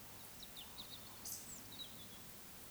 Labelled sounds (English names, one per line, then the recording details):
Eurasian Woodcock whistle
Eurasian Woodcock croak
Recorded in Baden-Württemberg, Germany, on 2 June 2020 at 20:05 UTC
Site 46190, 1214 m above sea level